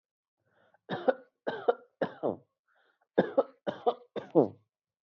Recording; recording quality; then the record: heavy voluntary cough; excellent, no background noise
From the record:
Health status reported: COVID-19 positive, mild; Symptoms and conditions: none ticked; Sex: male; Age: 23 years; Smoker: not ticked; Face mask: not worn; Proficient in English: yes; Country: India